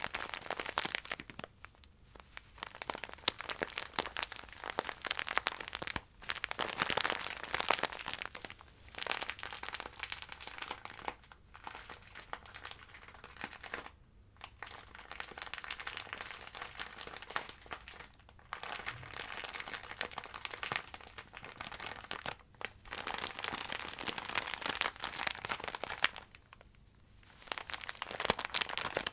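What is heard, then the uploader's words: Dense crinkling sounds rustle almost without pause, bright and crackly, in long bursts. Brief silences break them up about every few seconds, near 2, 6, 14, 18 and 27 seconds. Ear-To-Ear Crinkling Sounds.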